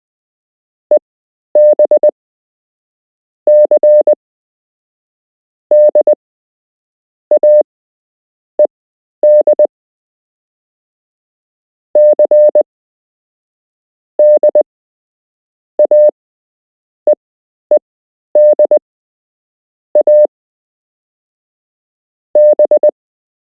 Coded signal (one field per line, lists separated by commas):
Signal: Morse code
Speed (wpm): 19 wpm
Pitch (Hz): 600 Hz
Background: none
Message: EB C DAED C DAEEDA B